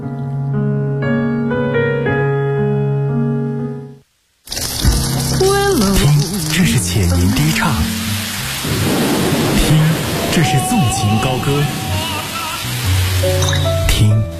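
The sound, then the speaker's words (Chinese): A few seconds of soft sustained musical tones, a brief silence, then loud continuous water from a running tap, with splashing and plinking drips layered over a steady hiss. “随手关上水龙头，节约从身边小事做起。”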